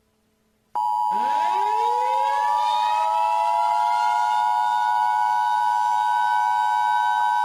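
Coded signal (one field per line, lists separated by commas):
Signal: Emergency Alert System (SAME) tones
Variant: 853 and 960 Hz attention tone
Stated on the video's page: Fictional EAS scenario remake.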